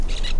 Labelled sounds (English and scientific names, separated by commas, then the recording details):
Brown-throated Parakeet (Eupsittula pertinax) contact call
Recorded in La Tortuga
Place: Isla La Tortuga
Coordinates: 10.925, -65.258